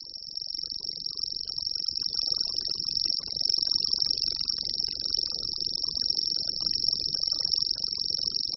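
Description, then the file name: Common grasshopper warbler reeling song: a continuous, high, insect-like trill held without a break for the whole stretch, over a low rumbling background. "Cvrčilka-zelená"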